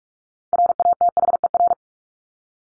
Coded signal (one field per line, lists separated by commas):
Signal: Morse code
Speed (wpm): 44 wpm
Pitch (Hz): 700 Hz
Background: none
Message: RATHER